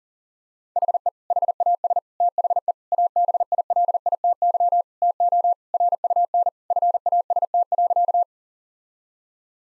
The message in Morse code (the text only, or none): HE HAS THE ABILITY TO RUN FAST.